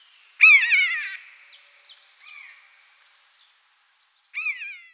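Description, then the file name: Common buzzard calls: a harsh, quavering downslurred mew, then a softer chattering passage with a thin high whistle, and a second short wavering mew near the end. "myszolow"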